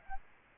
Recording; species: mosquito wingbeat signal from an infrared sensor; Aedes albopictus